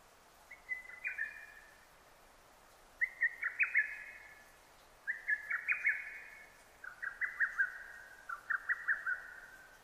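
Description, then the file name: Lesser cuckoo singing rapid, chattering bursts of high notes, five phrases in quick succession in a quiet background. Recorded 6 June 2009. "hototogisu 20090606"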